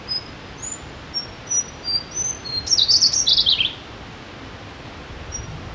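Slaty-bellied Tesia singing a few very high, thin whistles at varied pitches, then one sudden, loud, rapid scrambled phrase that drops away, over a soft background hiss.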